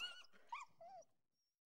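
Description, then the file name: Dog giving a few short, high-pitched, whine-like yelps in quick succession within about one second, each arching up and down, followed by silence. "Dogs Barking"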